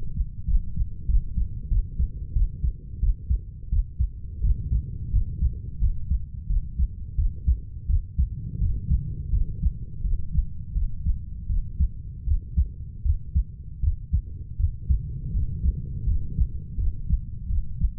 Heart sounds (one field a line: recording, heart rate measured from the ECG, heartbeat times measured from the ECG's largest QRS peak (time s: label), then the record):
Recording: heart sounds by stethoscope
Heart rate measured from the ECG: 85 bpm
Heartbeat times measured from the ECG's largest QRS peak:
0.46 s: heartbeat
1.07 s: heartbeat
1.69 s: heartbeat
2.34 s: heartbeat
3.01 s: heartbeat
3.70 s: heartbeat
4.42 s: heartbeat
5.11 s: heartbeat
5.80 s: heartbeat
6.48 s: heartbeat
7.16 s: heartbeat
7.87 s: heartbeat
8.59 s: heartbeat
9.31 s: heartbeat
10.02 s: heartbeat
10.73 s: heartbeat
11.47 s: heartbeat
12.25 s: heartbeat
13.03 s: heartbeat
13.81 s: heartbeat
14.57 s: heartbeat
15.32 s: heartbeat
16.05 s: heartbeat
16.76 s: heartbeat
17.47 s: heartbeat
From the record:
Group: healthy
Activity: cold pressor test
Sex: female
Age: 32 years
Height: 168 cm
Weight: 61.9 kg